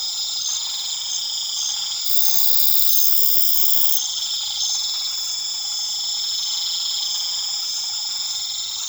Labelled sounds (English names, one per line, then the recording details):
none
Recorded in pastures near Puerto Asís, Putumayo, Colombia, on 8 March 2025 at 20:30
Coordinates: 0.487, -76.322
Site G077